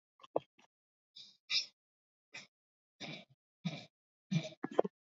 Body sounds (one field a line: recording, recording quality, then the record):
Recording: shallow voluntary cough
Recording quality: moderate, slight background noise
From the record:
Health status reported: recovered from COVID-19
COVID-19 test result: negative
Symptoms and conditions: cough, cold, fever, diabetes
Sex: male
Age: 72 years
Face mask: not worn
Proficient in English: yes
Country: India